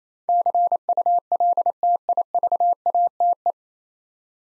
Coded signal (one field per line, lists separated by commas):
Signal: Morse code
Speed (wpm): 28 wpm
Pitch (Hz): 700 Hz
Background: none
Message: CULTIVATE